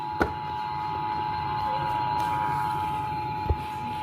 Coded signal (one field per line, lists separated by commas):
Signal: Emergency Alert System (SAME) tones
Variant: 853 and 960 Hz attention tone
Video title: EAS - Amber alert while during Arthur (2016 WFWA DT-2) But the video is different